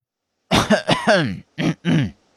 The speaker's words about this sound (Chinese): 清了清嗓子，很是郑重其事地咳嗽了两声，成功地将两人注意力吸引过来之后